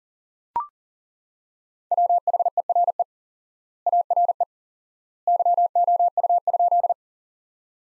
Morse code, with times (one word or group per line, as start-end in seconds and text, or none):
1.9-3.0 WHERE
3.9-4.4 ARE
5.3-6.9 YOU?